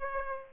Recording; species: mosquito wingbeat signal from an infrared sensor; Aedes aegypti